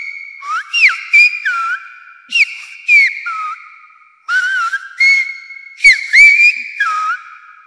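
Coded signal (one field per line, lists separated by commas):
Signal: whistled language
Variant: Silbo Gomero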